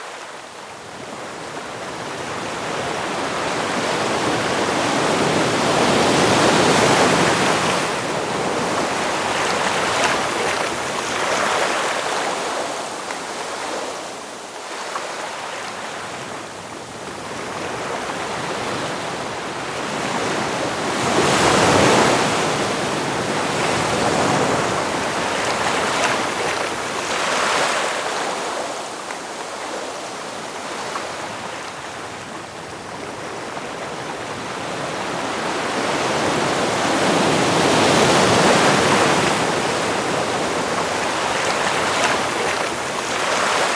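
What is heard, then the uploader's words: Atlantic waves wash steadily against the Portuguese coast, a dense hiss of surf swelling and easing every few seconds, with stronger surges near 22 and 38 seconds. Atlantic Ocean, Portugal. A 30-minute audio recording from a hike I did on the fisherman trail along the Atlantic coastline in Portugal.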